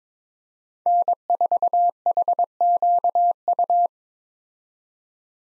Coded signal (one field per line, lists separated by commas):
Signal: Morse code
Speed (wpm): 22 wpm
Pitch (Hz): 700 Hz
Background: none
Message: N4HQU